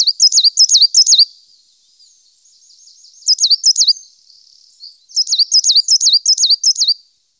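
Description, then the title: Coal tit singing bright, high-pitched repeated double notes in three quick bursts, each phrase rapidly repeated, with a soft twittering in the pauses between bursts. Recorded in Germany, Austria and Switzerland. "Tannenmeise"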